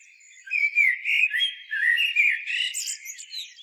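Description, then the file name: Common blackbird singing a rich fluting warble that wanders up and down, with thin, high squeaky notes late in the phrase. "Turdus merula"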